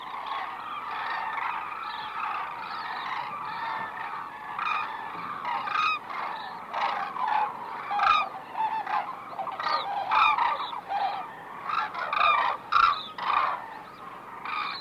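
White-naped crane calls, a long run of many honking notes, louder in the second half.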